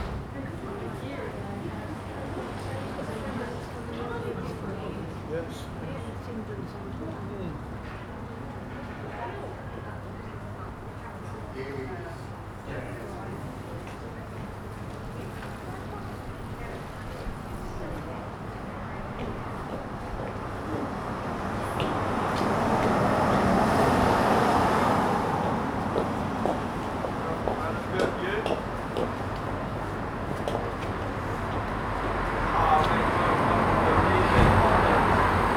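Street ambience outside a small bar on a narrow street, with a steady murmur of voices and low traffic rumble throughout. Around twenty seconds a vehicle swells past, growing louder and brighter, then another passing rise builds near the end.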